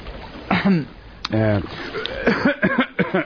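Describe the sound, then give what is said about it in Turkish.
A man gives a few forced, throaty coughs and throat-clears in short bursts to attract a girl's attention, with voiced, harmonic tones between them that sound partly like a chuckle. “Salak, kızın dikkatini çekmek için öksürüyorum.”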